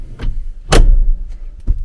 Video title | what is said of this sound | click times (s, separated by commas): Inside my Hero Camper Ranger - Bed slide, storage and more | and lock into place just and so again you've still got loads of leg room and everything like that | 0.7 s